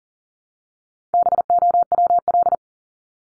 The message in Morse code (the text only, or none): BOWL